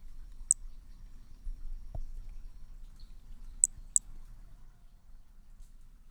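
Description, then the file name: Hermogenes' flea-toad giving a single thin high chirp, then a quick pair three seconds later, with a soft tap and low background hum. Recorded at Picinguaba on 13 December 2017; individual 2. "MHNCI B hermogenesi Picinguaba ind 2 ex 2 tudo 05 cm 13 dez 2017 MRB"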